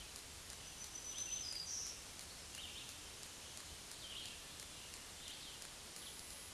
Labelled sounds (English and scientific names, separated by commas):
Black-throated Green Warbler (Setophaga virens) song